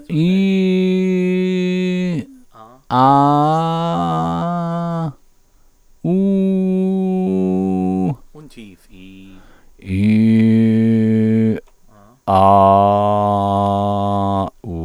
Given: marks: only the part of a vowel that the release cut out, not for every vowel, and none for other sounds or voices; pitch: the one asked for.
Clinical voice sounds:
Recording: sustained vowels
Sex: male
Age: 60 to 69 years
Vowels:
0.35-1.99 s: vowel /i/, high pitch
3.51-4.94 s: vowel /a/, high pitch
6.23-7.77 s: vowel /u/, high pitch
10.14-11.41 s: vowel /i/, low pitch
12.94-14.31 s: vowel /a/, low pitch
From the record:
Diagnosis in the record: orofacial dyspraxia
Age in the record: 69 years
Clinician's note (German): KK ohne Befund, diskrete Bewegungsstörung

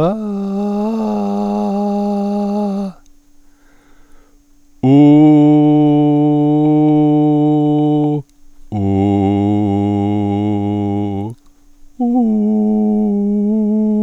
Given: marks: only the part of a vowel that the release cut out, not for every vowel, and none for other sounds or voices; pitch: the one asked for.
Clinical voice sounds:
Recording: sustained vowels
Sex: male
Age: 60 to 69 years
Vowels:
0.60-2.55 s: vowel /a/, high pitch
6.92-8.01 s: vowel /u/, normal pitch
8.97-10.95 s: vowel /u/, low pitch
12.31-13.85 s: vowel /u/, high pitch
From the record:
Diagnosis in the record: healthy voice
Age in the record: 68 years

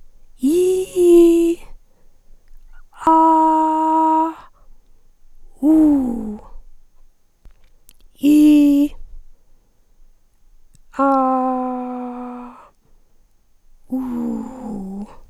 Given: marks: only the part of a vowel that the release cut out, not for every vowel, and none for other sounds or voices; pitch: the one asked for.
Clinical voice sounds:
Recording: sustained vowels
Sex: female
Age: 60 to 69 years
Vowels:
0.48-1.49 s: vowel /i/, high pitch
3.08-4.21 s: vowel /a/, high pitch
5.66-6.18 s: vowel /u/, high pitch
8.26-8.83 s: vowel /i/, low pitch
11.02-11.90 s: vowel /a/, low pitch
13.94-14.99 s: vowel /u/, low pitch
From the record:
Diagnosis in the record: recurrent laryngeal nerve paralysis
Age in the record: 61 years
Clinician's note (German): Links, ohne Kompensation

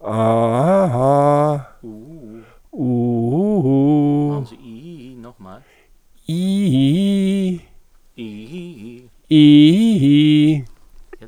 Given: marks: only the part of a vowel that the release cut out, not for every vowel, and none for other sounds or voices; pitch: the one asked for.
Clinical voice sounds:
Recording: sustained vowels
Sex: male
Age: 70 to 79 years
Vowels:
0.32-1.36 s: vowel /a/, low-high-low pitch
2.97-4.09 s: vowel /u/, low-high-low pitch
9.41-10.47 s: vowel /i/, low-high-low pitch
From the record:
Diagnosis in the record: central laryngeal movement disorder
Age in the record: 70 years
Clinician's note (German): Dysphagie, Speichelsekret

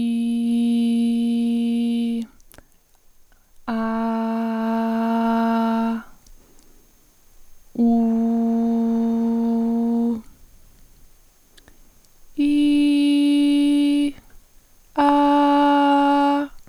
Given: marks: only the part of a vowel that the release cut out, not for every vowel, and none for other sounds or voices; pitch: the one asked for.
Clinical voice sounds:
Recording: sustained vowels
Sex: female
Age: 20 to 29 years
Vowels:
0.00-1.78 s: vowel /i/, normal pitch
3.86-5.79 s: vowel /a/, normal pitch
8.13-9.93 s: vowel /u/, normal pitch
12.54-13.99 s: vowel /i/, high pitch
15.13-16.33 s: vowel /a/, high pitch
From the record:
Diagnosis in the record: healthy voice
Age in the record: 26 years

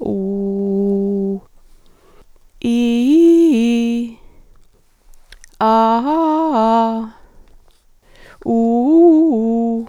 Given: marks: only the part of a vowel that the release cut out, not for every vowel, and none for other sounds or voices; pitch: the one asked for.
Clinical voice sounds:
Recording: sustained vowels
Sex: female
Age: 60 to 69 years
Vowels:
0.30-1.18 s: vowel /u/, low pitch
2.79-3.92 s: vowel /i/, low-high-low pitch
5.76-6.91 s: vowel /a/, low-high-low pitch
8.61-9.71 s: vowel /u/, low-high-low pitch
From the record:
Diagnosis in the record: functional dysphonia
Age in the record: 61 years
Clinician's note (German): Leichte Form

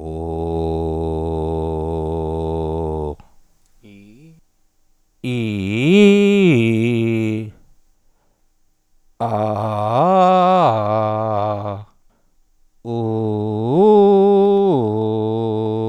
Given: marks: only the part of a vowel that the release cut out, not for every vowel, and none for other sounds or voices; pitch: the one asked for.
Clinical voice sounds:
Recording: sustained vowels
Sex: male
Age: 40 to 49 years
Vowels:
0.70-2.66 s: vowel /u/, low pitch
5.43-7.24 s: vowel /i/, low-high-low pitch
9.49-11.26 s: vowel /a/, low-high-low pitch
13.30-15.24 s: vowel /u/, low-high-low pitch
From the record:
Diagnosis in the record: oropharyngeal tumor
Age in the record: 43 years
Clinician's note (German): Zustand nach Mesopharynx-OP + Radiatio; Ödem Aryhöcker

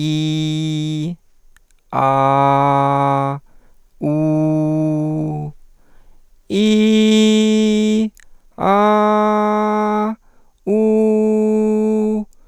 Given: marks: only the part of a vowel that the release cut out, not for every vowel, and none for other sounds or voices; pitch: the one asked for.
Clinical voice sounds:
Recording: sustained vowels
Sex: male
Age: 40 to 49 years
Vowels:
0.00-1.05 s: vowel /i/, normal pitch
2.05-3.29 s: vowel /a/, normal pitch
4.07-5.37 s: vowel /u/, normal pitch
6.60-7.98 s: vowel /i/, high pitch
8.74-10.05 s: vowel /a/, high pitch
10.75-12.17 s: vowel /u/, high pitch
From the record:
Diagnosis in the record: contact pachydermia, hypofunctional dysphonia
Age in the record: 49 years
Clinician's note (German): Ohne Kontaktpachydermie bei primär hypofunktioneller Dysphonie mit sekundär hyperfunktioneller Kompensation

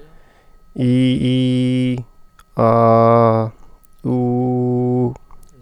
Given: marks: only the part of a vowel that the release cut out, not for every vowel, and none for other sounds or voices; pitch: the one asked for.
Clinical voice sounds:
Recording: sustained vowels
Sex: male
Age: 20 to 29 years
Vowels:
0.86-1.88 s: vowel /i/, high pitch
2.65-3.21 s: vowel /a/, high pitch
4.17-5.01 s: vowel /u/, high pitch
From the record:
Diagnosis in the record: healthy voice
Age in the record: 28 years

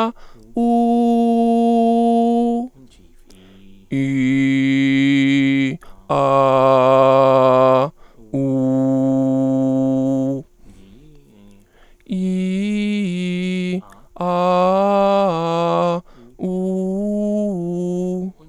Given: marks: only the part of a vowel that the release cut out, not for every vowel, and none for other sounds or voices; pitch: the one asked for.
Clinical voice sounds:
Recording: sustained vowels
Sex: male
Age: 30 to 39 years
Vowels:
0.66-2.50 s: vowel /u/, high pitch
4.00-5.63 s: vowel /i/, low pitch
6.20-7.79 s: vowel /a/, low pitch
8.42-10.19 s: vowel /u/, low pitch
12.20-13.75 s: vowel /i/, low-high-low pitch
14.33-15.78 s: vowel /a/, low-high-low pitch
16.49-18.16 s: vowel /u/, low-high-low pitch
From the record:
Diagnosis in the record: mutational falsetto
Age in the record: 33 years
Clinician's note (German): Persistierend, wobei auffallende Diskrepanz zwischen spontaner Sprechstimme und stroboskopischem Bild (o.B.), hier deutlich tiefere Lage

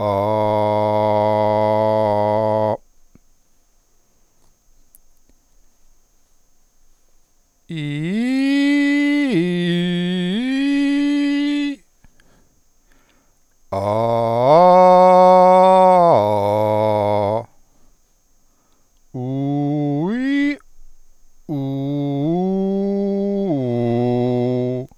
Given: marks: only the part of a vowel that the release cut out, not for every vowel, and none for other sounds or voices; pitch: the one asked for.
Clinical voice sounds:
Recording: sustained vowels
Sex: male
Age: 50 to 59 years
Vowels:
0.46-2.43 s: vowel /a/, low pitch
7.91-9.67 s: vowel /i/, low-high-low pitch
13.96-17.15 s: vowel /a/, low-high-low pitch
21.71-24.54 s: vowel /u/, low-high-low pitch
From the record:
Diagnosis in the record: healthy voice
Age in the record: 50 years

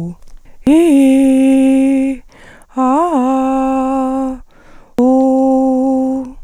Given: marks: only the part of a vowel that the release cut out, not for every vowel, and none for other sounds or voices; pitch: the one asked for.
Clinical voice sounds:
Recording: sustained vowels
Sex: female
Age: 30 to 39 years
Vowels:
0.70-2.06 s: vowel /i/, low-high-low pitch
2.82-4.29 s: vowel /a/, low-high-low pitch
5.45-6.16 s: vowel /u/, low-high-low pitch
From the record:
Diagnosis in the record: arytenoid dislocation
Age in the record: 37 years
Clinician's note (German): Verdacht auf Luxation re

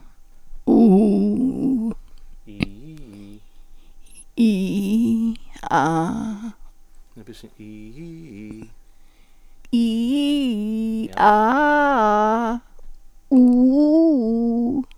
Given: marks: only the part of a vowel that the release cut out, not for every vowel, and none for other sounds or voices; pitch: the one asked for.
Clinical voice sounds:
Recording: sustained vowels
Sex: female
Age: 70 to 79 years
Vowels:
0.78-1.78 s: vowel /u/, low pitch
9.81-10.88 s: vowel /i/, low-high-low pitch
11.57-12.50 s: vowel /a/, low-high-low pitch
13.46-14.67 s: vowel /u/, low-high-low pitch
From the record:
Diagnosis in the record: presbyphonia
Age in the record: 76 years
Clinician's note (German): Mit Petechien (Einblutungen) rechte Stimmlippe

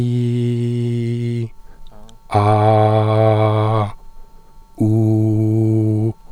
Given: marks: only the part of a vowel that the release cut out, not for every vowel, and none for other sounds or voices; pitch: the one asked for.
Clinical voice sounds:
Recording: sustained vowels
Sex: male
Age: 20 to 29 years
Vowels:
0.00-1.32 s: vowel /i/, normal pitch
2.42-3.77 s: vowel /a/, normal pitch
4.86-6.01 s: vowel /u/, normal pitch
From the record:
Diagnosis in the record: healthy voice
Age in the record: 24 years

